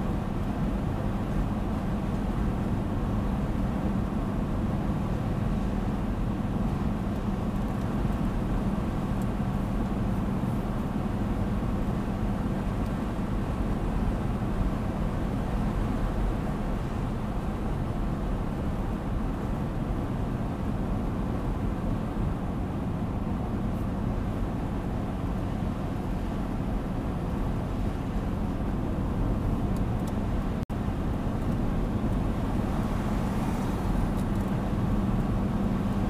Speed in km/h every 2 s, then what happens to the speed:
96, 96, 96, 96, 96, 95, 95, 94, 92, 92, 90, 90, 91, 89, 91, 94, 94, 97.
0-26 steady at about 94. 26-36 speeds up to 97.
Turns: none.